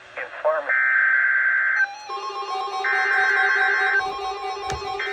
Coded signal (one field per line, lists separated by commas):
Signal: Emergency Alert System (SAME) tones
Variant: header bursts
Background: speech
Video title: EAS #160 Perfect KXI42 Required Weekly Test 9/4/24